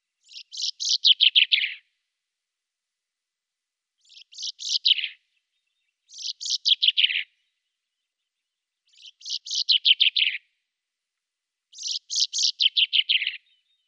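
Common chaffinch song, five short phrases of rapid notes, each falling in pitch, repeated every two to four seconds with quiet gaps between.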